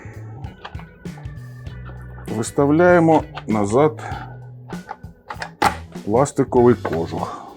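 During reassembly of a Procraft T5600 four-stroke brush cutter, the plastic guard cover is being set back onto the housing while someone talks over background music. A few faint, brief handling knocks are heard. Nothing has seated or clicked into place yet.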